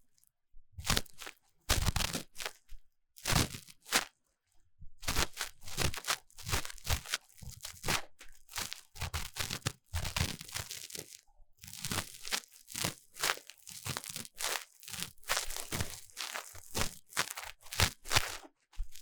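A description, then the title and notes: Ear cleaning sounds, made of rapid crackling and crunching bursts that come in quick clusters with short silent gaps between them. The bursts are bright and sharp, sometimes rubbing or crinkling, and grow denser and more continuous in the second half. ASMR 3Dio 耳掃除 귀 청소 | Ear Cleaning | No Talking.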